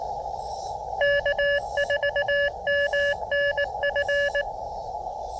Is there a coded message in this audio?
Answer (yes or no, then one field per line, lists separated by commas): yes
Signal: Morse code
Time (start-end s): 1.0-4.4 s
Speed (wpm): 20 wpm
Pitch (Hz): 590 Hz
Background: none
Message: K4MNF